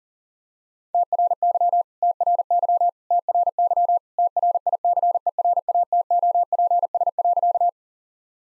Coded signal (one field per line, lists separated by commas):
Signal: Morse code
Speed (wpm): 37 wpm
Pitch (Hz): 700 Hz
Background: none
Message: TRY TRY TRY TRICERATOPS.